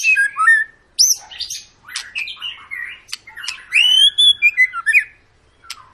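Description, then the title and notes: White-rumped shama song, varied whistles and harsh chatter, then a loud series of quick repeated notes before a pause. Long lure song of a white-rumped shama in full, continuous song, used to make other birds sing. "Pancingan Murai Batu Gacor Panjang. muraiku"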